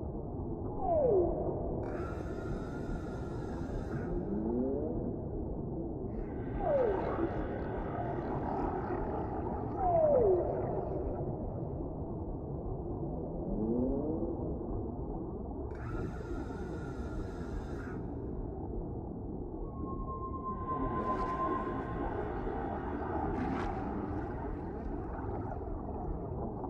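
Whales sing underwater over a dense, steady low rumble of water noise. Sliding moans and downward sweeps recur every few seconds, with bursts of buzzy, pulsed calls around 2, 7, 17 and 22 seconds, and a thin whistle near 20 seconds.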